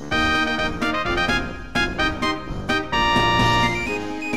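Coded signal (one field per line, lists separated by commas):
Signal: none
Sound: game intro music beeps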